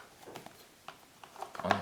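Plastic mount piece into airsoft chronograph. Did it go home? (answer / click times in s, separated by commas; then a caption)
yes / 1.7 s. A plastic part, with a small hole on each side, is mounted onto an airsoft chronograph. A few faint taps and clicks come before a sharper, louder click at 1.7 s. The part clicks into place and is seated.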